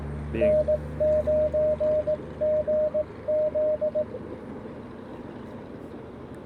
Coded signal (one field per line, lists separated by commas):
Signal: Morse code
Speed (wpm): 20 wpm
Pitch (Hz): 590 Hz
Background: none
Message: N9GZ